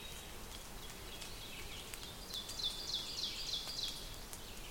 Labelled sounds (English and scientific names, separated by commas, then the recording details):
Ovenbird (Seiurus aurocapilla) song
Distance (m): 85 m
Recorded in boreal forest in Alberta, Canada, on 5 June 2016 at 08:54
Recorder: SongMeter 3, array SBT-3-51
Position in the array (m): 213 m, 20 m
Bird 27